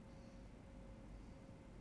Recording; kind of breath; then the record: one breath in and out by a microphone near the nose and mouth; normal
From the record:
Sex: male